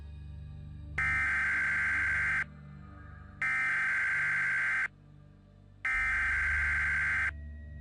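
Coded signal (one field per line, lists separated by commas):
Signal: Emergency Alert System (SAME) tones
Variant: header bursts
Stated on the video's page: Emergency alert forming part of a fictional SCP audio drama.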